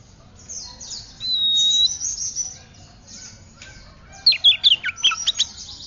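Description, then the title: Oriental magpie-robin song with a long level whistle and buzzy high phrases, then a rapid burst of sharp chirping notes. "Kacer"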